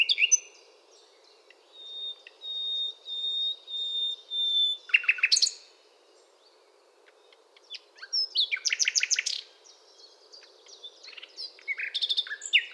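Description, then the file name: Common nightingale song with a long level whistle in several pulses, a loud burst, then a buzzy rattle and further chirping phrases; low steady hum throughout. "Luscinia megarhynchos"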